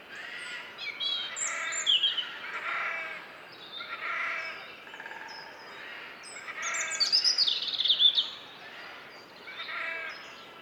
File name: Garrulus glandarius